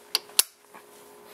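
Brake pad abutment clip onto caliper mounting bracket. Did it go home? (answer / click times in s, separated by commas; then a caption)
partly / 0.1 s, 0.4 s. A metal brake pad abutment clip on the front brakes of a 2001 Dodge Grand Caravan is pushed by thumb onto the landing of the caliper mounting bracket. Two sharp metallic clicks sound at 0.2 s and 0.4 s as it pops into place. The clip is in but not fully seated.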